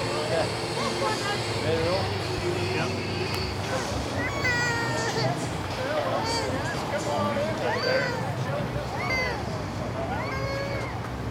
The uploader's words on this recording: A Day at Universal Studios Florida. On this week's show we play audio from the Universal Studios Florida theme park. Listen as you hear us walk the park as we journey from attraction to attraction.